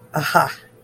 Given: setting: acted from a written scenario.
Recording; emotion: vocal sound without words; interest